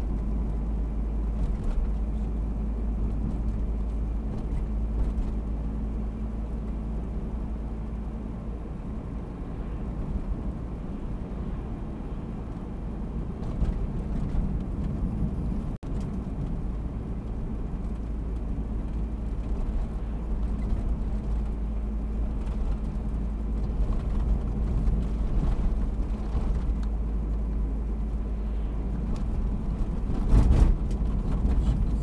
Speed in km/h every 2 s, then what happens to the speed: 51, 51, 51, 52, 52, 53, 52, 52, 51, 51, 50, 50, 49, 50, 50, 49.
0-32 steady at about 51.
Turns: none.